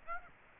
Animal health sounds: mosquito wingbeat signal from an infrared sensor; Aedes aegypti

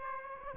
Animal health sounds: mosquito wingbeat signal from an infrared sensor; Aedes aegypti

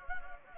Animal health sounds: mosquito wingbeat signal from an infrared sensor; Anopheles gambiae

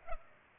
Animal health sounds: mosquito wingbeat signal from an infrared sensor; Culex pipiens

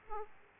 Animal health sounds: mosquito wingbeat signal from an infrared sensor; Aedes aegypti

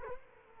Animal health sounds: mosquito wingbeat signal from an infrared sensor; Culex quinquefasciatus

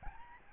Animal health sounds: mosquito wingbeat signal from an infrared sensor; Aedes albopictus

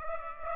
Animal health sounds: mosquito wingbeat signal from an infrared sensor; Aedes aegypti

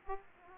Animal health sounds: mosquito wingbeat signal from an infrared sensor; Aedes aegypti

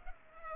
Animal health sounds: mosquito wingbeat signal from an infrared sensor; Culex pipiens

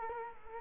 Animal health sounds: mosquito wingbeat signal from an infrared sensor; Culex quinquefasciatus

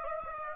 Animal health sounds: mosquito wingbeat signal from an infrared sensor; Aedes aegypti

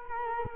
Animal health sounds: mosquito wingbeat signal from an infrared sensor; Culex quinquefasciatus

